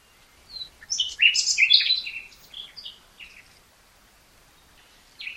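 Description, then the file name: Common nightingale song, a jumble of quick chirps and warbled notes over faint background noise, trailing into quiet. "Luscinia megarhynchos"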